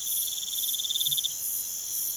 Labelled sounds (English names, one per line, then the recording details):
none
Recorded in pastures near Puerto Asís, Putumayo, Colombia, on 23 June 2025 at 04:00
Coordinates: 0.486, -76.323
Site H29